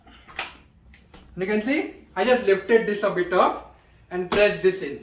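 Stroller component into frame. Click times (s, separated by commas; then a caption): 0.4 s. A stroller component on a Baby Trend Expedition Race Tec jogger stroller is lifted slightly and pressed into the frame until it goes inside and seats. There is a distinct click at 0.4 s. Someone talks through the rest of the clip.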